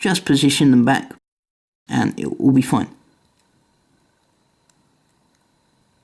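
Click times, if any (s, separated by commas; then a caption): 4.7 s. Someone talks for the first three seconds while loose plastic LEGO pieces of a whack-a-mole pedal mechanism are repositioned and pressed back together. A single faint, sharp click comes at 4.7 s, and the pieces are locked into place in the mechanism assembly.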